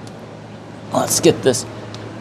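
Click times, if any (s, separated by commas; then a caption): 1.9 s. On a 1989 Mustang 5.0, the ignition coil wire boot is pushed onto the ignition coil terminal. Someone talks over a steady low hum, and the boot seats with a short, sharp snap at 1.9 s.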